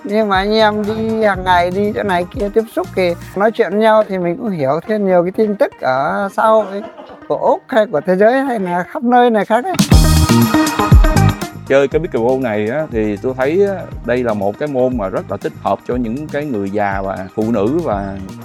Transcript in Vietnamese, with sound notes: Nhưng mà anh em đi hàng ngày, đi chỗ này kia tiếp xúc thì nói chuyện với nhau thì mình cũng hiểu thêm nhiều tin tức ở xã hội [tiếng cười] của Úc, hay của thế giới hay là khắp nơi nè, khác á.
Chơi cái pickleball này á thì tôi thấy á, đây là một cái môn mà rất là thích hợp cho những cái người già và phụ nữ và